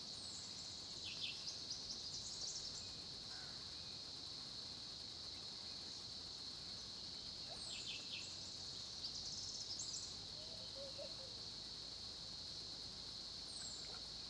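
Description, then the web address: Crickets sustain a high steady drone, with short chirps and thin descending notes at intervals. Crickets recorded at 10:30 am by a small pond at Olifants, Kruger, South Africa. "Sonniss - GDC 2018-Game Audio Bundle Tonschliff - SOUTH AFRICAN CRICKETS BG South Africa Kruger Olifants 1030 am small pond"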